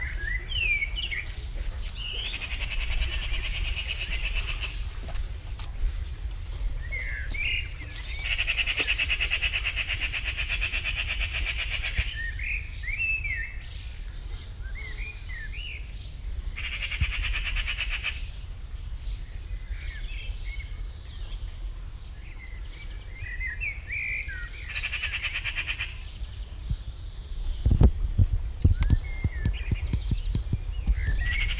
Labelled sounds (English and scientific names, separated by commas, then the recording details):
Common Blackbird (Turdus merula) song
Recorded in the wild
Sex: male
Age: adult
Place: Lübars, Benekendorffstraße, Berlin, DE
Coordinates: 52.6167, 13.3469
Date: 1998-05-31 10:50
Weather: overcast, 18°C
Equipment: Sony MD-WM MZ-R3, Sennheiser MKH 416 T, Kopie Uher 4000 Report Monitor
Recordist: Tembrock, Günter